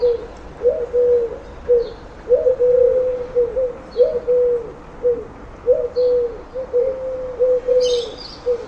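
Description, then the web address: Bird cooing: low soft hooting notes in short swelling phrases, repeated steadily, with a few thin high chirps and faint background hiss. "Deverinetal. Bird Only"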